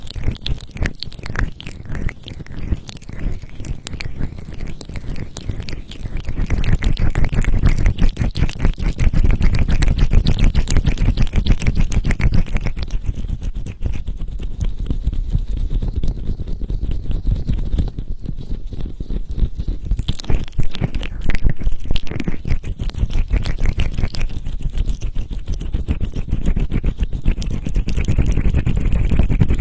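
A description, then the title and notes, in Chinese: Vigorous, aggressive ear rubbing: a dense, continuous scratching and crunching friction with a heavy, muffled low rumble underneath. It starts softer, grows louder after about six seconds, and stays rough and busy, with brief thinner moments around 18 and 20 seconds. 暴力搓耳。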